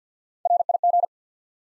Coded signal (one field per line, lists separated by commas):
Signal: Morse code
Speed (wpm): 50 wpm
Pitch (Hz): 700 Hz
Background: none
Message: RIG